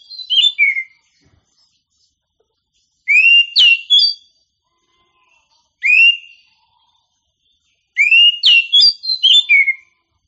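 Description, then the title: Oriental magpie-robin singing loud rising whistles and fast jumbled chattering phrases with crisp clicks, in bursts every two to three seconds against silence. Champion singing bird. "Kicau Burung Kacer Juara"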